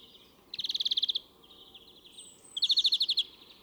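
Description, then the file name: European greenfinch singing two rapid rattling trills of evenly spaced notes, separated by softer twittering and a thin high whistle. "Chloris chloris"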